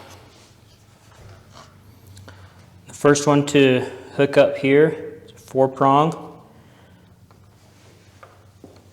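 A four-pin wiring connector for the harness plug on an E Ride Pro SS 2.0 electric motorbike is picked up and turned lever face up, ready to be pushed home. Someone talks from about 3 to 6.5 seconds, with soft handling ticks around 1.6, 2.2, 2.3, 7.3 and 8.2 seconds. The connector has not been plugged in or clicked yet.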